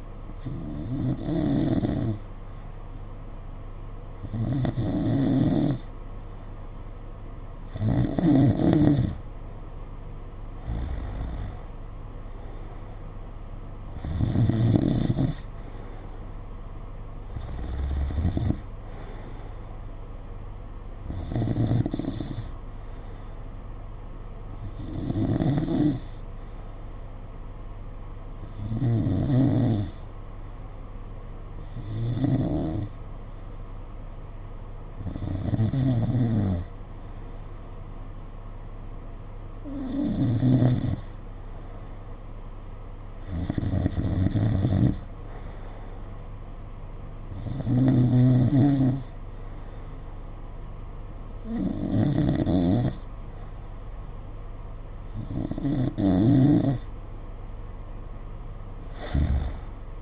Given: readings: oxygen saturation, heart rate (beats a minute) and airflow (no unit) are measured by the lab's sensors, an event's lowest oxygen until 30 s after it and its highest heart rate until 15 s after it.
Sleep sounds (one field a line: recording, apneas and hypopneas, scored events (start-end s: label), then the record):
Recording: breathing in sleep by a smartphone at the bedside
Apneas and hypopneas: none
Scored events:
none scored
From the record:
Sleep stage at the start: N2 (light sleep)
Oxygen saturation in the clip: 90 to 92%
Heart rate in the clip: 52 to 59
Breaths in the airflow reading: 16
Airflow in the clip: -7.1 to 6.7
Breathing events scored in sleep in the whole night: 476 in 9.7 hours asleep